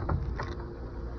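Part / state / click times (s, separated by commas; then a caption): jack handle extension rod into spare tire hoist mechanism / not seated / none. A metal jack handle extension rod is handled at the spare tire hoist (lowering mechanism) under a car, giving two short knocks at about 0.1 s and 0.4 s over a steady low rumble. Nothing has seated or clicked yet.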